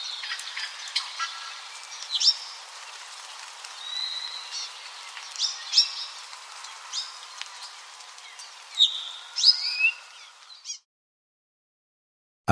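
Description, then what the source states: Apapane singing a loose string of short whistles, chips and slurred notes at irregular intervals, stopping abruptly into silence near the end. Recorded on Maui, Hawaii, in August 2026.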